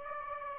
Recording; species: mosquito wingbeat signal from an infrared sensor; Aedes aegypti